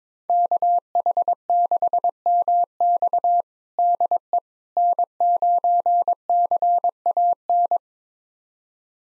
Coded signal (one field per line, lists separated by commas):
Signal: Morse code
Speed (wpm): 22 wpm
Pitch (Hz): 700 Hz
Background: none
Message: KH6MX DE N9CAN